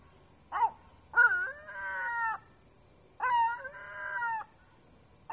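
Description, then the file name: Gull calling with a short yelp followed by two long, drawn-out wailing notes with rich harmonics, separated by a pause, over quiet background. Seagull calling on a roof at 3 am in Sète. "Seagull on the roof 3 am Sète"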